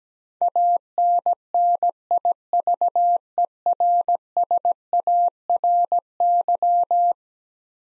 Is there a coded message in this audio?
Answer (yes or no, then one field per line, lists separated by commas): yes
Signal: Morse code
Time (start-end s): 0.4-7.1 s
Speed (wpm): 17 wpm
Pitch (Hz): 700 Hz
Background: none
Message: ANNIVERSARY